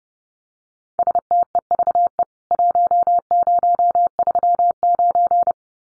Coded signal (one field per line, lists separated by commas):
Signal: Morse code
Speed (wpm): 30 wpm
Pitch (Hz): 700 Hz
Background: none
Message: STEVE 1039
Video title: CWT Exchange 30wpm